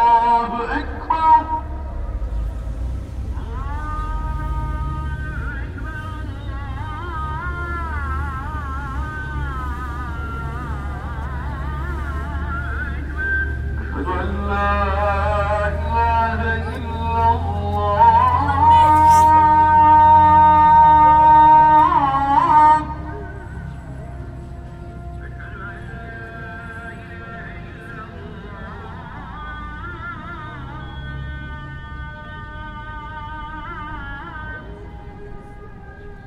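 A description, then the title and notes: A call to prayer drifts across a square, long wavering melodic phrases swelling to a loud peak midway over a steady low city rumble. Call to Prayer(ezan) at Sultanahmet Square in Istanbul. This recording was made using a binaural audio setup. Call to Prayer at this location in Istanbul is unique due to the fact that ezan can be heard coming from three different minarets in the area.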